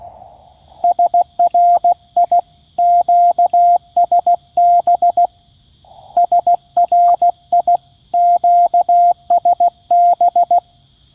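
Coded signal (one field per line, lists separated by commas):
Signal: Morse code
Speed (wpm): 16 wpm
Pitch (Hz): 700 Hz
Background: radio noise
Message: SRI QSB SRI QSB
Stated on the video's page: QRP CW summit activation at 16 WPM on 7.033 MHz (40m), QCX-mini at 5W, random wire on telescopic mast; unsuccessful due to QSB fading and rain.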